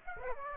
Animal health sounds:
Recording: mosquito wingbeat signal from an infrared sensor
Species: Aedes aegypti

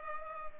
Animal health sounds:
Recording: mosquito wingbeat signal from an infrared sensor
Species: Culex pipiens

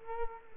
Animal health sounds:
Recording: mosquito wingbeat signal from an infrared sensor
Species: Culex quinquefasciatus

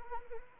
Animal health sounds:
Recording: mosquito wingbeat signal from an infrared sensor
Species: Anopheles arabiensis

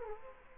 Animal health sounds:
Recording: mosquito wingbeat signal from an infrared sensor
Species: Culex quinquefasciatus

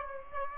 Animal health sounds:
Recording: mosquito wingbeat signal from an infrared sensor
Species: Aedes aegypti

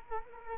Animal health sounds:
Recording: mosquito wingbeat signal from an infrared sensor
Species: Culex quinquefasciatus

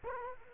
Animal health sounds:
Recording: mosquito wingbeat signal from an infrared sensor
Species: Culex quinquefasciatus

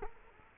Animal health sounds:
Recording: mosquito wingbeat signal from an infrared sensor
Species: Culex quinquefasciatus

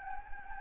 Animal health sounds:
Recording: mosquito wingbeat signal from an infrared sensor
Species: Anopheles gambiae

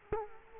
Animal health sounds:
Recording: mosquito wingbeat signal from an infrared sensor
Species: Culex quinquefasciatus

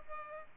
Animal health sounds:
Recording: mosquito wingbeat signal from an infrared sensor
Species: Culex pipiens

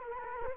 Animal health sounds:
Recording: mosquito wingbeat signal from an infrared sensor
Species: Culex quinquefasciatus

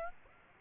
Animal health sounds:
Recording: mosquito wingbeat signal from an infrared sensor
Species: Aedes aegypti

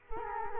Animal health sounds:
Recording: mosquito wingbeat signal from an infrared sensor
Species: Culex quinquefasciatus

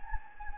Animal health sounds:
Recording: mosquito wingbeat signal from an infrared sensor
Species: Anopheles gambiae

